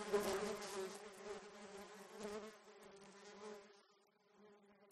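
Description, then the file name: Bee swarm buzzing, a drone that fades and becomes quiet toward the end. Recordist surrounded by a bee swarm. "animals insects bees swarm sourrounded"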